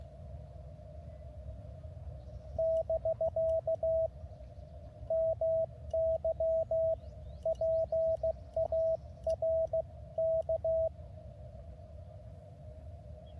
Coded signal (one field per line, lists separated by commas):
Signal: Morse code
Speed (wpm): 15 wpm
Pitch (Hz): 650 Hz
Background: radio noise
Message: <BK> MY PARK